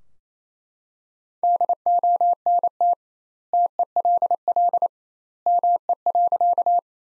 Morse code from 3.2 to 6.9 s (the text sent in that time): TELL ME.